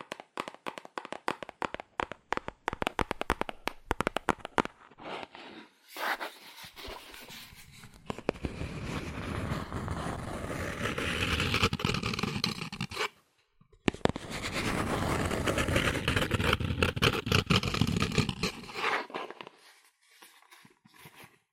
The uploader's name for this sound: ASMR Fast Aggressive Cardboard Tapping